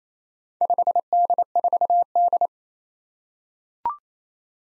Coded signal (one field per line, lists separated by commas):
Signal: Morse code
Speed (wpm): 28 wpm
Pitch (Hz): 700 Hz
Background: none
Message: 5D4D